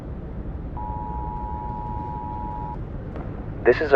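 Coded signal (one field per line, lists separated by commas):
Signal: Emergency Alert System (SAME) tones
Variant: 853 and 960 Hz attention tone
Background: speech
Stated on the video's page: Fictional EAS scenario in a simulated zombie-apocalypse radio broadcast.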